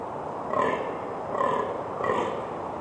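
Fallow deer giving three hoarse, belching grunts at even intervals over a steady background hiss.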